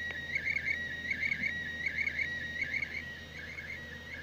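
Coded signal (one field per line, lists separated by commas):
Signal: SSTV (slow-scan television)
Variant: PD180 mode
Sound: warbling tone sweeping around 2 kHz, repeating about every three-quarters of a second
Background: radio static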